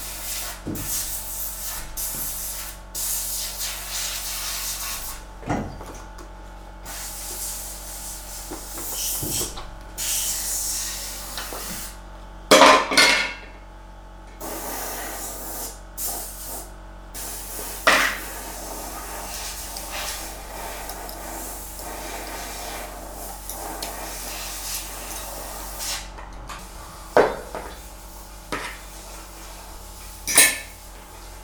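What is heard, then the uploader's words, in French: A compressor and a chopper run together: a steady low motor hum sits underneath while bursts of bright, airy hissing come and go every few seconds. Sharp metallic clanks and knocks punctuate it, notably near 12, 18, 27 and 30 seconds. Duo Compresseur Hachoir. Juillet 2009, Yzeure.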